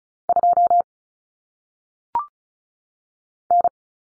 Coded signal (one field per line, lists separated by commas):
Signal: Morse code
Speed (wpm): 36 wpm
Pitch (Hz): 700 Hz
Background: none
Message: 2 N